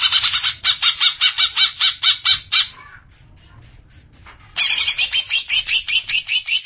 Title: Cucak ijo